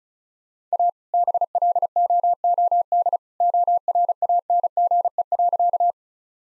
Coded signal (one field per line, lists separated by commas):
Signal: Morse code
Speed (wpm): 36 wpm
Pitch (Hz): 700 Hz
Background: none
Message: A BLOOD ORANGE.